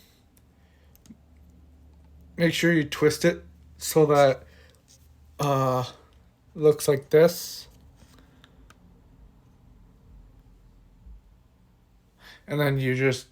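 A coil is twisted and lined up in a vape pod, ready to be pressed down, while someone talks. Only faint, brief handling ticks sound between the speech. The coil has not been pressed down or clicked into place yet.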